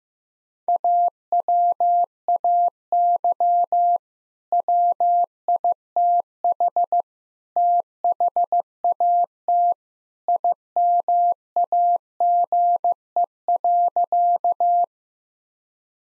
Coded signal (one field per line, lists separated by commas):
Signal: Morse code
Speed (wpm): 15 wpm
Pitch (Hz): 700 Hz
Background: none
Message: AWAY WITH THAT IMAGE.